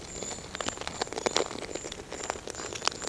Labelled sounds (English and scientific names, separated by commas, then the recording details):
none
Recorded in pastures near Puerto Asís, Putumayo, Colombia, on 23 June 2025 at 10:30
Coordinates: 0.496, -76.326
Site GP01